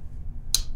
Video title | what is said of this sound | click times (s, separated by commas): Guys Talk Knives (Live) 74 | can hear it you can hear it click in you can feel it on the pole | 0.6 s